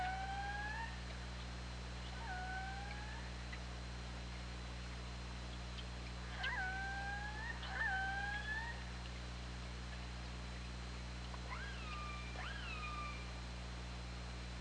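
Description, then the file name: Orca calls, harmonic tones that sweep up and down in pitch, several calls spread throughout, over a steady low hum. Recorded on the OrcaLab hydrophone, 24 August 2017 at 20:54:04. "Orca Lab UTLN JASON 20170824 205404"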